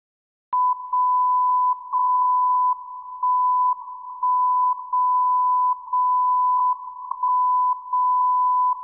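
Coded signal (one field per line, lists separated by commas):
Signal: radio time signal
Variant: WWVB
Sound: steady 1 kHz tone whose loudness drops each second, with short, medium and long dips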